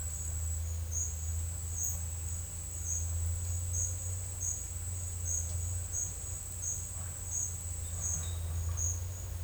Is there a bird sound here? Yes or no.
no